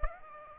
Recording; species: mosquito wingbeat signal from an infrared sensor; Aedes aegypti